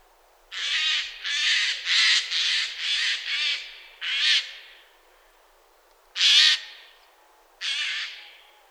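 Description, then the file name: Eurasian jay calling with loud, hoarse, tearing screeches, a rapid run of several, then a few more spaced out singly. "Garrulus glandarius"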